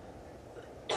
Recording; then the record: coughing mixed with background sound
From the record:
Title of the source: female coughing - coughing sound effects girl